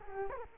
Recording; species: mosquito wingbeat signal from an infrared sensor; Culex quinquefasciatus